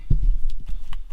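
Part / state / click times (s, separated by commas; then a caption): steering wheel button panel into steering wheel trim / not seated / none. A plastic steering wheel button panel on an Audi A3/S3/RS3 is handled and pushed toward its place in the steering wheel trim, making low thumps and brief sharp taps. Nothing has seated or clicked yet.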